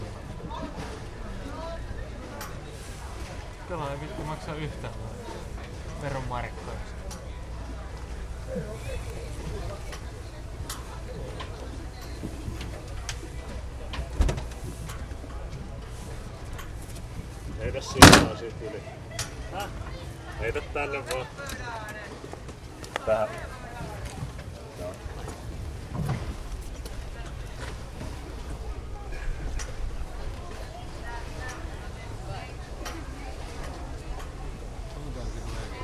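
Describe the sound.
Day trippers amble along a waterfront, steady murmur of voices, low engine rumble beneath, with a sharp clatter around eighteen seconds.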